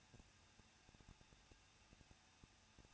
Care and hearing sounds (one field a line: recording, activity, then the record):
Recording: daily activity, microphone in the room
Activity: no activity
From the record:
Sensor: 2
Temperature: 21.0 degrees Celsius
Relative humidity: 37.3%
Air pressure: 1006.4 hPa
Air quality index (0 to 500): 220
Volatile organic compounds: 23 ppm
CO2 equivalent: 2778 ppm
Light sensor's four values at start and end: 2/3/2/2 and 2/3/2/2